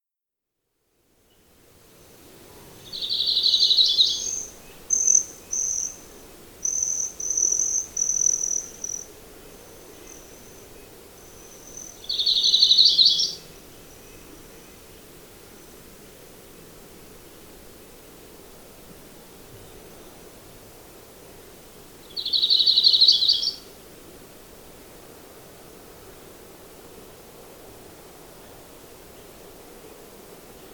Audubon's Warbler song recorded on the Gem Lake Trail in Rocky Mountain National Park.